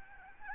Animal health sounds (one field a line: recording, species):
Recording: mosquito wingbeat signal from an infrared sensor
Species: Aedes albopictus